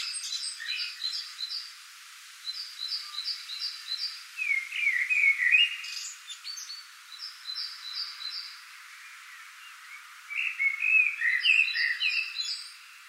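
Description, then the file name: Common blackbird singing low, mellow fluted warbles in a few bursts, alternating with series of quick repeated high notes, with short pauses between. "Turdus merula"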